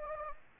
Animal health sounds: mosquito wingbeat signal from an infrared sensor; Anopheles gambiae

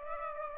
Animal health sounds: mosquito wingbeat signal from an infrared sensor; Aedes aegypti

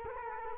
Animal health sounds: mosquito wingbeat signal from an infrared sensor; Culex quinquefasciatus

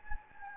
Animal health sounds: mosquito wingbeat signal from an infrared sensor; Anopheles gambiae

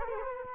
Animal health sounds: mosquito wingbeat signal from an infrared sensor; Culex quinquefasciatus

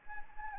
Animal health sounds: mosquito wingbeat signal from an infrared sensor; Anopheles gambiae

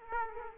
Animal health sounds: mosquito wingbeat signal from an infrared sensor; Aedes aegypti

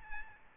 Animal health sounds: mosquito wingbeat signal from an infrared sensor; Aedes albopictus

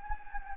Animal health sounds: mosquito wingbeat signal from an infrared sensor; Anopheles gambiae

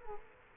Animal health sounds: mosquito wingbeat signal from an infrared sensor; Culex quinquefasciatus

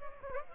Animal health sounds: mosquito wingbeat signal from an infrared sensor; Aedes aegypti

